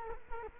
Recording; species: mosquito wingbeat signal from an infrared sensor; Culex quinquefasciatus